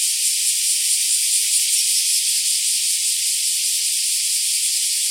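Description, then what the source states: Black cicadas with a dense, piercing buzz, continuous for the whole few seconds. More than one black cicada.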